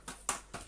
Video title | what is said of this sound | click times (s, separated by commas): A £130 Cordless Vacuum - Greenote GSC50 Unboxing & First Look! #Greenote #CordlessVacuum | in theory it should just go on and click into place | 0.3 s